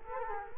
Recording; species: mosquito wingbeat signal from an infrared sensor; Culex quinquefasciatus